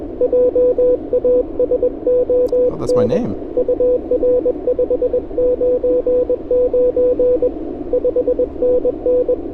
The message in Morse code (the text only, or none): JASON UR 599 5NN